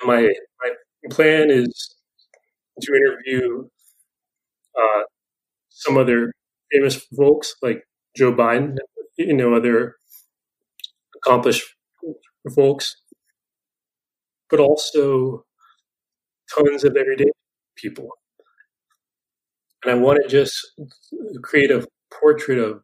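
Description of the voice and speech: Adult man speaking with a stutter: frequent silent blocks and long pauses between words, a repeated opening word, and drawn-out sounds within otherwise fluent conversational phrases.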